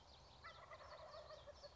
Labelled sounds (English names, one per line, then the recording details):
Wild Turkey
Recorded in Sonoma County, California